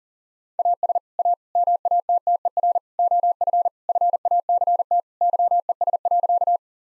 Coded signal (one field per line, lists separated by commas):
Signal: Morse code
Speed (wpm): 40 wpm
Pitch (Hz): 700 Hz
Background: none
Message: AS A MATTER OF FACT YES.